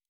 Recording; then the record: hydrophone in a shrimp aquaculture tank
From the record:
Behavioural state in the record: normal